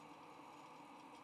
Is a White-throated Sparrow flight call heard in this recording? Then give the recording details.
no. No flight call is heard. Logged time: 10:38 on 20 November 2014